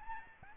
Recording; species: mosquito wingbeat signal from an infrared sensor; Aedes albopictus